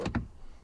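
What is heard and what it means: A plastic access or battery cover is pushed back into the boot side trim panel of a BMW 3 Series 320d (E90/E91/E92) after changing the rear light bulbs. A softer tap at 0.1 s is followed by a sharper plastic click at 0.2 s as the cover pops in and seats.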